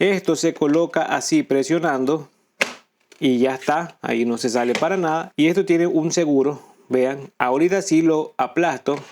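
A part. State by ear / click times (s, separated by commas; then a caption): seated / 2.6 s. A quick-release mounting plate is pressed into a tripod head clamp and snaps in with a sharp click at 2.6 s, seated so that it no longer comes off at all. Someone talks before and after the click.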